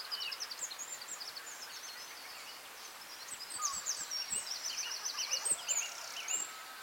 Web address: beanstalk-audio Dawn chorus with light rain in Anglesey Wales